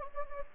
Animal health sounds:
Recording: mosquito wingbeat signal from an infrared sensor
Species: Anopheles gambiae

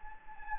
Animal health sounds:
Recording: mosquito wingbeat signal from an infrared sensor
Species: Anopheles gambiae

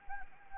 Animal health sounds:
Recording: mosquito wingbeat signal from an infrared sensor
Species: Anopheles arabiensis

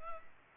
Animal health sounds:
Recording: mosquito wingbeat signal from an infrared sensor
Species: Culex pipiens

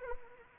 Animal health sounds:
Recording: mosquito wingbeat signal from an infrared sensor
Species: Anopheles arabiensis

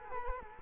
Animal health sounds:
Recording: mosquito wingbeat signal from an infrared sensor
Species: Culex quinquefasciatus

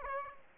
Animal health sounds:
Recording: mosquito wingbeat signal from an infrared sensor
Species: Aedes aegypti

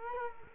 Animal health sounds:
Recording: mosquito wingbeat signal from an infrared sensor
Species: Culex quinquefasciatus

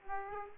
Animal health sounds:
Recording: mosquito wingbeat signal from an infrared sensor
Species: Aedes aegypti

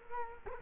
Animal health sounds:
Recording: mosquito wingbeat signal from an infrared sensor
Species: Culex quinquefasciatus

